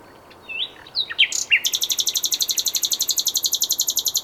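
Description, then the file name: Common nightingale song: a few sharp varied notes followed by a long, very fast, even rattling trill of repeated high notes. "Luscinia megarhynchos"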